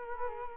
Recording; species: mosquito wingbeat signal from an infrared sensor; Culex quinquefasciatus